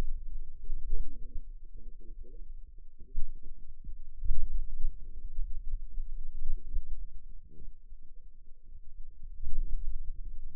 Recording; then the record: forearm muscle sounds (acoustic myography)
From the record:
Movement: finger pinch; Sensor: system 2, bracelet of six BSWA MPA416 microphones around the upper forearm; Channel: 1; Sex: female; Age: 21 years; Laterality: right